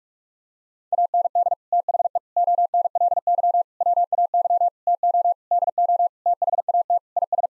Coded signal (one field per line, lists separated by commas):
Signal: Morse code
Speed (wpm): 46 wpm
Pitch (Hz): 700 Hz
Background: none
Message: AND THE ONLY WAY TO DO THAT IS